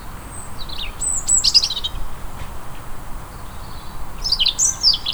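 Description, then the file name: European robin song: two short phrases of thin, high, tumbling whistled notes separated by a pause, over a steady low background rumble. "Erithacus rubecula"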